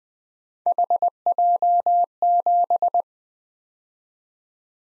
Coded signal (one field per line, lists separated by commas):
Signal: Morse code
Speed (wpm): 20 wpm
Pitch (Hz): 700 Hz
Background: none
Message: HJ7